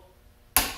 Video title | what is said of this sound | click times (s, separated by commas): TORQUE WRENCH! (WHY You NEED One & Checking Accuracy!) | At 18 inches, it doesn't click until I add about probably 3 ounces with my little finger. | 0.6 s